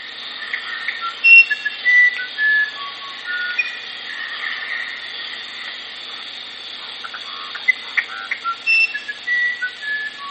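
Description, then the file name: Musician wren song: clear, pure whistled notes at shifting pitches, over a steady hiss. "strzyżoń muzykalny"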